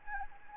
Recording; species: mosquito wingbeat signal from an infrared sensor; Anopheles arabiensis